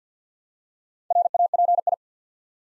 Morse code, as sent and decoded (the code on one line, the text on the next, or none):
.-. .- .--. ..
RAPI